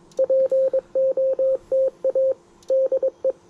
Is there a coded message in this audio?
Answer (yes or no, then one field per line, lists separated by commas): yes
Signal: Morse code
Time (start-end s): 0.2-3.3 s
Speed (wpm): 22 wpm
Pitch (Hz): 530 Hz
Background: radio noise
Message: POTA DE